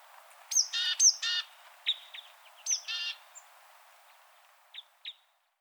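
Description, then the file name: Great tit calls: a thin high whistled note, then harsh buzzy churring notes, given in two quick bursts and again near three seconds, with a few soft short notes after. "Parus major"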